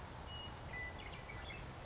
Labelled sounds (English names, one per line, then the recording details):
Western Meadowlark
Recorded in Sonoma County, California